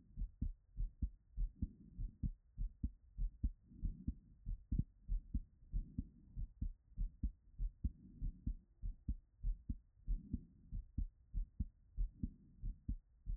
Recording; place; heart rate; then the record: heart sounds by stethoscope; Erb's point; 90 bpm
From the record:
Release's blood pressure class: elevated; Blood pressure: 126/57 mmHg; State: after exercise